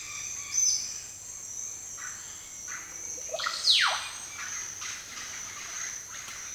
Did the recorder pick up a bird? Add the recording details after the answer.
yes. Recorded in dense forest near Puerto Asís, Putumayo, Colombia, on 25 June 2025 at 09:00. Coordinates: 0.468, -76.322. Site GP03